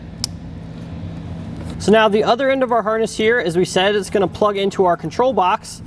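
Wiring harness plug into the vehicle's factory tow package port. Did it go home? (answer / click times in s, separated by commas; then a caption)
yes / 0.2 s. A wiring harness plug for a Redarc Tow-Pro Elite trailer brake controller is pushed into the factory tow package port by the emergency brake pedal of a 2017 Toyota Sequoia. A very strong, short click is heard at 0.2 s as the plug locks into place, seated, over a steady low hum. Someone then talks from about 1.9 s.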